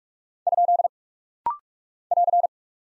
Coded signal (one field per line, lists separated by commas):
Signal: Morse code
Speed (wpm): 46 wpm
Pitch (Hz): 700 Hz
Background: none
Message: ? <AR>